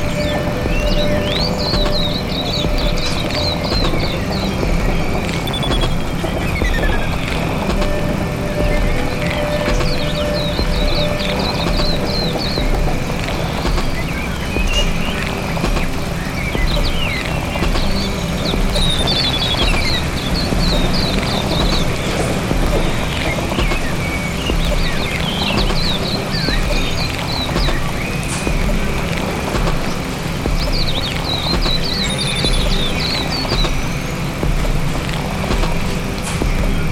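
Ambience at the Duomo in Siena, Italy: a steady, dense murmur with a constant low rumble underneath. Bright bird chirps break through in short bursts every few seconds, alongside faint clicks like footsteps or hooves.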